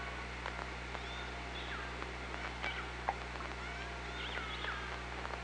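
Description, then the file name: Orca whistles underwater: several faint arching and rising tonal calls follow one another, with a few clicks and a steady low hum beneath. Recorded on the OrcaLab hydrophone, 24 August 2017, 18:34. "Orca Lab UTLN JASON 20170824 183404"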